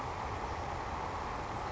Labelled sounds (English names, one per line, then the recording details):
Savannah Sparrow
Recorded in Sonoma County, California